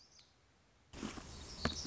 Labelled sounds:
Black-throated Gray Warbler (Setophaga nigrescens)
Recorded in Sonoma County, California

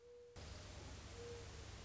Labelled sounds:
Mourning Dove (Zenaida macroura)
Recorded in Sonoma County, California

